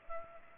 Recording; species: mosquito wingbeat signal from an infrared sensor; Culex pipiens